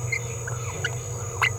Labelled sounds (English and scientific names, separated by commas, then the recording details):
Green-rumped Parrotlet (Forpus passerinus) babbling
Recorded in a nest box in Venezuela
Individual 18B17A4